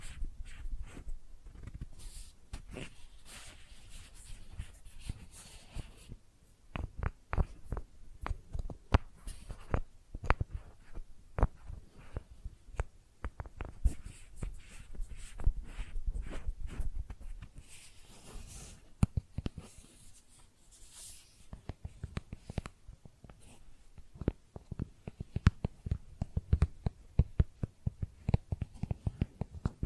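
Makeup being tapped and scratched in quick irregular clicks and rubs, dense throughout, with soft low thumps and brief brighter scrapes.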